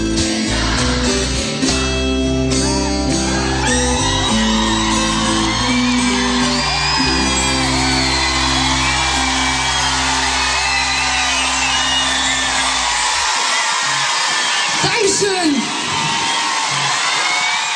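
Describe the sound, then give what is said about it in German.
A loud crowd cheers and whoops over a song's sustained closing chord, then keeps roaring on its own once the music stops, with shrill rising whoops cutting through. “Ja, Begeisterung im Publikum.”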